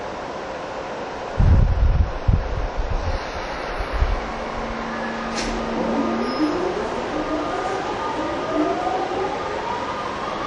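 A TWR 70-000 series train on a Saikyo Line rapid run keeps up a steady rolling rumble. Heavy low thumps and rattles come between about one and four seconds, then the motor whine climbs steadily in pitch as the train picks up speed.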